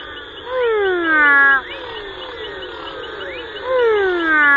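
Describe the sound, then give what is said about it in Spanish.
Frog calls: repeated sweeping, whistle-like cries with a harmonic, nasal tone, swelling in two louder bursts over a steady buzzing chorus of other calls, with no voices. “Bueno, vos me preguntabas antes mismo por qué me gustaban las ranas”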